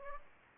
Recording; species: mosquito wingbeat signal from an infrared sensor; Anopheles gambiae